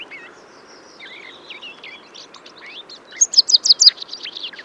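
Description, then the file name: Eurasian blackcap singing a soft chattering warble of slurred notes that swells into a loud, rapid run of bright whistled phrases near the end. "Sylvia atricapilla"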